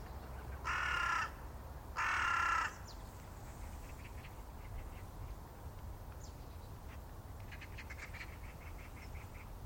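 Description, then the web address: Bird voicing two rasping caws in quick succession, followed by faint high chirps and twitters from other birds against low rumbling noise. "cianscape. Deverinetal 2025. Bird Only"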